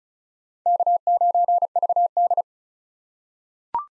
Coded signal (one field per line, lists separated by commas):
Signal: Morse code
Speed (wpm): 34 wpm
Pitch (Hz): 700 Hz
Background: none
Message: K9VD